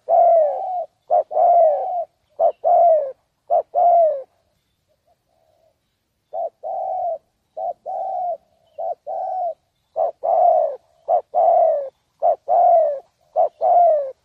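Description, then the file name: Spotted dove repeats short and long falling coos, pauses briefly after the first few phrases, then continues cooing steadily to the end. "tieng cu dat gay"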